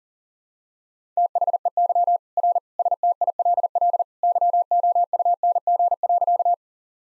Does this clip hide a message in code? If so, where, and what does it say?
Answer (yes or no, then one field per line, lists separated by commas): yes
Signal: Morse code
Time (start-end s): 1.2-6.5 s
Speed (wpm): 40 wpm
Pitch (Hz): 700 Hz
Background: none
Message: THEY R STILL YOUNG.